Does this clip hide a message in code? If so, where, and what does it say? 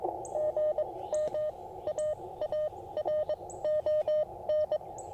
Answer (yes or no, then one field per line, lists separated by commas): yes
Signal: Morse code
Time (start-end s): 0.4-4.8 s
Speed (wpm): 20 wpm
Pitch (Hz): 610 Hz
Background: radio noise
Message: GM AARON